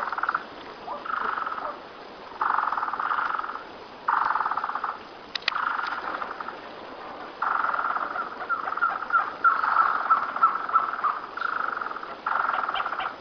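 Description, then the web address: Trogon song of fast, evenly pulsed note series in repeated bursts broken by brief gaps, over a steady faint background hiss. "cantos surucua"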